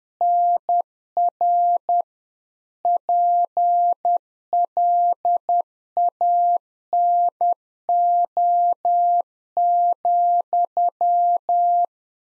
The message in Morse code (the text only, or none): NR PLANO,